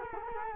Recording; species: mosquito wingbeat signal from an infrared sensor; Culex quinquefasciatus